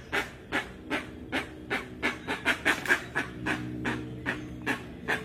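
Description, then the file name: Rusty-margined guan giving harsh, clipped pulses in a quick, fairly regular series, each a short burst of noisy sound, with a low background drone. "Canto da jacupemba"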